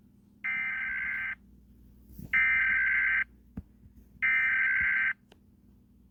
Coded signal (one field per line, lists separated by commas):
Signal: Emergency Alert System (SAME) tones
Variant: header bursts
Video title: eas scenario red lake